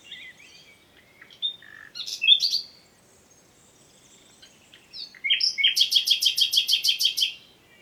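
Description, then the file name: Common nightingale song: scattered varied chirps and slurred notes, then a long, loud series of evenly repeated notes. "Luscinia megarhynchos"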